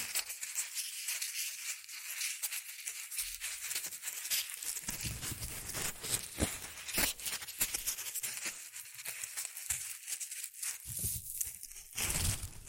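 Shredded tissue and packing peanuts rustle and crinkle continuously, a dense bright hiss broken by sharp crackling bursts. Heavier, fuller handling comes in around three seconds, again near six to eight seconds, and at the very end, with quieter thinner rustling between.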